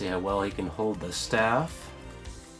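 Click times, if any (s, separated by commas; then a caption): none. A plastic staff accessory is handled to be pushed into the right hand of a 2021 Skeletor action figure from He-Man and the Masters of the Universe while someone talks and music plays in the background. Nothing has seated or clicked yet; the clip ends just before the staff goes home in the hand.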